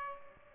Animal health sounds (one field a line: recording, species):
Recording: mosquito wingbeat signal from an infrared sensor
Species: Aedes albopictus